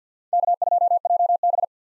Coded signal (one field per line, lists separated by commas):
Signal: Morse code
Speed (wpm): 50 wpm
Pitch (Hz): 700 Hz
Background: none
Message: K2JB